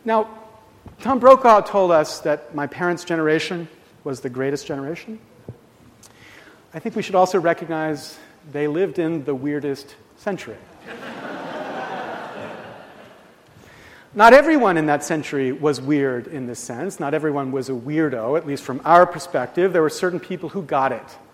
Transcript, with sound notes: Now, Tom Brokaw told us that my parents’ generation was the greatest generation – I think we should also recognize they lived in the weirdest [Laughs] Not everyone in that century was weird in this sense, not everyone was a weirdo at least from our perspective there were certain people who “got it”.